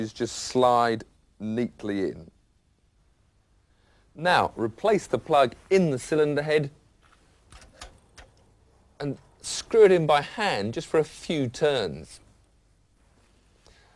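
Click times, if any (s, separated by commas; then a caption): none. Someone talks while a spark plug is placed into an engine's cylinder head and screwed in by hand for just a few turns before being tightened with the plug spanner, so a cross-threaded plug isn't forced home. A few faint ticks are heard between about 7.5 and 8.4 seconds during a pause in the talk. Nothing has seated or clicked yet.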